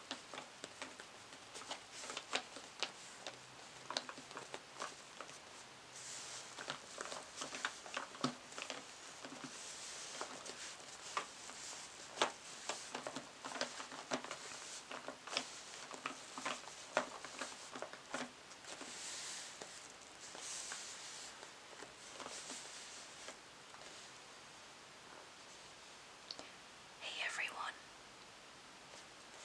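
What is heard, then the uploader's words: Crinkling and tapping sounds fill the clip, with dense, irregular crackles and sharp taps arriving many times per second. Brighter bursts of crumpling swell around the middle and near twenty seconds, and a short, distinct rustle appears late, around twenty-seven seconds. In this episode I will be "unboxing" my beauty bag and tapping on each product.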